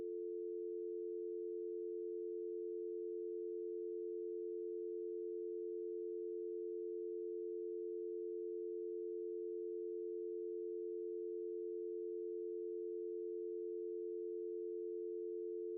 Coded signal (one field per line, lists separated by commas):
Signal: telephone call progress tone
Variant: North America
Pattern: dial tone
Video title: DIAL TONE - A Horror Short Film